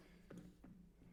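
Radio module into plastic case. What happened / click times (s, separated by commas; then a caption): The module snapped into its plastic case / 0.3 s. A LoRa radio board assembly is pushed down and slightly forward into its plastic case, and it snaps into place with a short, sharp click at 0.3 s. A second, softer tap follows around 0.6 s over a low steady hum. The radio module is seated firmly in the case.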